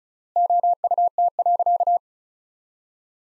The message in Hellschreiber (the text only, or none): none